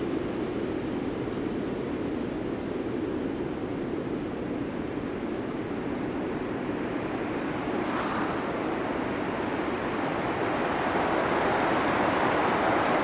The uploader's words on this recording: NepalMountainwind. Slow treking in the Himalyas.